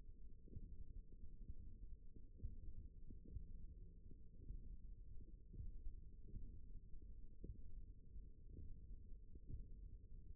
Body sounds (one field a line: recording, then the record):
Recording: forearm muscle sounds (acoustic myography)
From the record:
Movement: finger pinch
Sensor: system 1, eight BSWA MPA416 microphones around the upper forearm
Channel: 4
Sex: male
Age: 23 years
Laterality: right